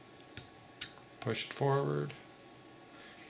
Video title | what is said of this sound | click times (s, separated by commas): DESERT EAGLE 50AE BOLT REMOVAL & TIPS! | we get a preacher with snaps right in so now the | 0.4 s